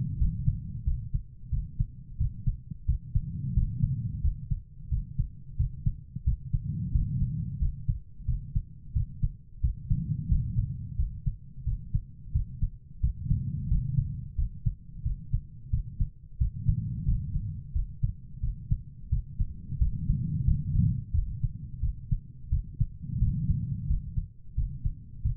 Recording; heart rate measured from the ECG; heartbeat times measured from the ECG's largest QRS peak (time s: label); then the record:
heart sounds by stethoscope; 89 bpm
0.18 s: heartbeat
0.84 s: heartbeat
1.49 s: heartbeat
2.17 s: heartbeat
2.85 s: heartbeat
3.53 s: heartbeat
4.21 s: heartbeat
4.89 s: heartbeat
5.56 s: heartbeat
6.24 s: heartbeat
6.91 s: heartbeat
7.58 s: heartbeat
8.25 s: heartbeat
8.93 s: heartbeat
9.60 s: heartbeat
10.28 s: heartbeat
10.96 s: heartbeat
11.64 s: heartbeat
12.32 s: heartbeat
13.00 s: heartbeat
13.68 s: heartbeat
14.35 s: heartbeat
15.02 s: heartbeat
15.70 s: heartbeat
16.37 s: heartbeat
17.05 s: heartbeat
17.72 s: heartbeat
18.40 s: heartbeat
19.09 s: heartbeat
19.78 s: heartbeat
20.44 s: heartbeat
21.12 s: heartbeat
21.80 s: heartbeat
22.49 s: heartbeat
23.19 s: heartbeat
23.87 s: heartbeat
24.54 s: heartbeat
25.22 s: heartbeat
From the record:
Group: healthy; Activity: rest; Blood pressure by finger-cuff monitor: 112/62 mmHg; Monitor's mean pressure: 78 mmHg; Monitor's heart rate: 89 bpm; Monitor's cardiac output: 7 L/min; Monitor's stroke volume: 78 mL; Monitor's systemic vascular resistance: 820 dyn s/cm5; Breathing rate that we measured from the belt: 18 breaths a minute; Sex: female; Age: 43 years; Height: 160 cm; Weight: 90 kg